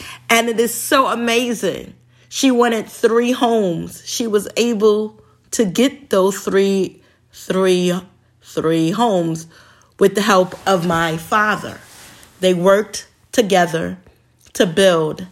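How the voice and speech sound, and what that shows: Adult woman speaking with a stretched word repeated three times and frequent pauses: stuttering, which she has had since childhood.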